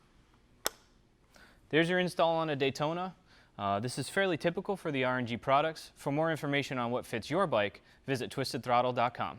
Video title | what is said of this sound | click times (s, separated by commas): R&G Racing Frame Sliders Step-by-Step Installation Guide | last piece of your installation is the orangey end cap which just clicks into place there's | 0.7 s